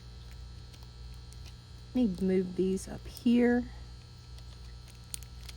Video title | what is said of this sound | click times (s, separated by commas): Review Time! Unboxing the Winsor & Newton Cotman Watercolor Paint Complete Pocket Set 16 Half Pan | Yeah, it doesn't really snap in place, but I can fix that with some hot glue. | none